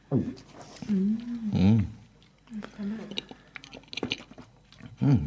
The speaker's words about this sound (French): Il est temps à présent de prendre une gorgée. Je vous conseille de faire tourner le vin dans votre bouche pour vous en imprégner.